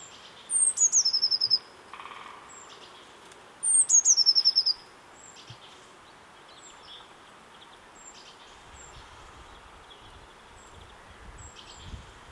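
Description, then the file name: Eurasian blue tit giving two quick phrases of high notes sliding into a rapid trill, followed by several seconds of faint scattered ticks against quiet background hiss. "Cyanistes caeruleus"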